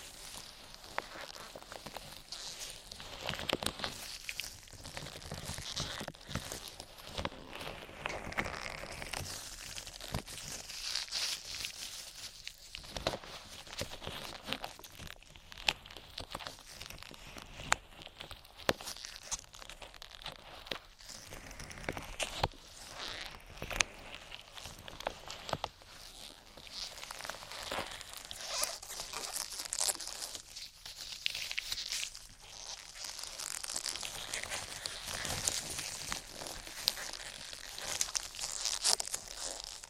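Ear attention triggers: steady rubbing and crinkling, like latex and hands working over the mic, with dense crackles and frequent sharp taps. The sound stays bright and busy for the whole stretch, easing briefly around 12 and 30 seconds.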